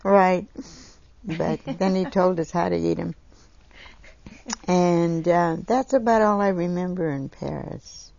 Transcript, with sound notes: Er, yeah, right. But (laughs) Then he told us how to eat 'em. And um, that's about I all remember in Paris.